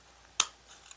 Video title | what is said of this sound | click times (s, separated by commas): Part 16 Building The Fanhome R2-D2 Stages 59, 60, 61, 62 | once again these just kind of snap in place | 0.4 s